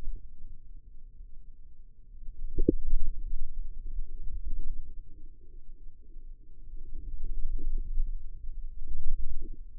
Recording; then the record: forearm muscle sounds (acoustic myography)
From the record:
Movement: radial deviation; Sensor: system 2, bracelet of six BSWA MPA416 microphones around the upper forearm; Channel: 3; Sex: female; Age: 22 years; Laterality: right